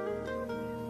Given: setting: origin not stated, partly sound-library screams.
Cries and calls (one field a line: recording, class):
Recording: one-second piece from a danger detection set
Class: normal situation